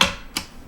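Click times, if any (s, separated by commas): 0.0 s, 0.4 s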